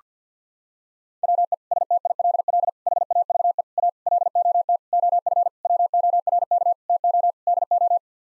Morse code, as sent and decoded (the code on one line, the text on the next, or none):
.-- . / ... - .. .-.. .-.. / .... .- ...- . / .- / .-.. --- - / --- ..-. / .-- --- .-. -.- / - --- / -.. ---
WE STILL HAVE A LOT OF WORK TO DO